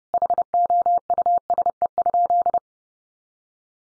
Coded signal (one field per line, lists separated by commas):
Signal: Morse code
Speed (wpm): 30 wpm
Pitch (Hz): 700 Hz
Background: none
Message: HOUSE?